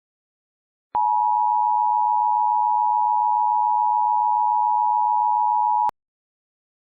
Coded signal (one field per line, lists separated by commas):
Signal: Emergency Alert System (SAME) tones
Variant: 853 and 960 Hz attention tone